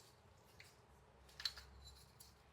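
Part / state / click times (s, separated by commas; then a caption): wrist pin retaining clip into piston pin bore groove / not seated / none. A metal wrist-pin retaining circlip is being handled and pushed toward the groove of an aluminium Nippon high-compression piston's pin bore during a Honda Prelude H22 engine rebuild. Faint, brief metallic ticks sound around 0.6 s, 1.4–1.5 s and 2.2 s over a quiet background. Nothing has seated or clicked yet; the clip is not yet home in the groove.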